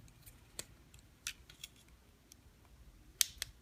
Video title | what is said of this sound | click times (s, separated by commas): Huiying Toys HY-852 quadcopter review | you can actually hear it snpp into place | 3.2 s